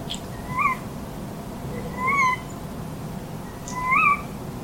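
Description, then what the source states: Tawny owl kewick calls: three sharp, upswept notes given about every one and a half to two seconds over a steady low hiss. Two tawny owls calling to each other across a lake in a Brandenburg forest; the female gives the kewick call, heard as 'kerwick', and the male answers.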